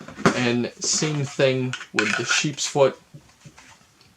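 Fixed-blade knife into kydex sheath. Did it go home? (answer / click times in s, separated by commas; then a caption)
yes / 3.6 s, 4.0 s. Someone talks as a sheepsfoot fixed-blade knife is pushed into its kydex sheath, with the kydex retention gripping the handle. Short, quiet clicks come at 3.6 s and 4.0 s as the knife seats in the sheath.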